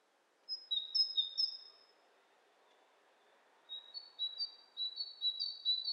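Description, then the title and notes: Bird calls: high thin whistled notes in two bursts, a short series early then a longer run of steady pure tones after a pause, over faint background hiss. Two birds interacting; lo-fi recording. "bird dialogs. lo-fi recording of two birds interacting"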